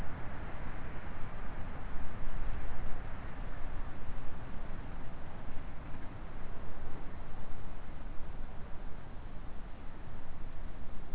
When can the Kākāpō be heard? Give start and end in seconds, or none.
none